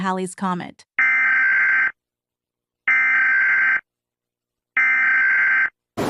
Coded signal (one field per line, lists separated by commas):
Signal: Emergency Alert System (SAME) tones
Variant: header bursts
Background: speech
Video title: EAS Activity: If Halley's Comet impacted Earth (July 28, 2061) #nasa #spacex #halleyscomet #asteroid